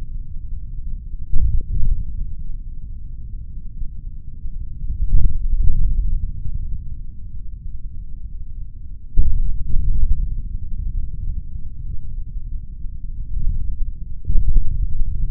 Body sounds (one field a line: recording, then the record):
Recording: forearm muscle sounds (acoustic myography)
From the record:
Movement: index flexion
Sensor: system 3, bracelet of six PUI Audio POM-2738L microphones around the upper forearm, with dedicated amplification and filtering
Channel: 1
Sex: male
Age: 26 years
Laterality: right